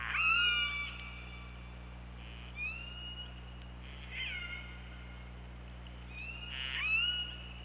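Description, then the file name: Killer whale calls, several squealing harmonic calls, some rising then level, with one buzzy burst near the end, above a constant low hum. Recorded 24 August 2017 at about 23:38. "Orca Lab"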